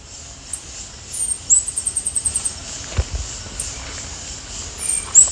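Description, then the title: São Francisco sparrow calls: very high, thin notes, with one rapid ticking series lasting about a second and a half and a few isolated sharp high notes around it, over faint background hiss. "LuckyPassaro Completos2Sama. Sao Francisco Sparrow (Arremon franciscanus)"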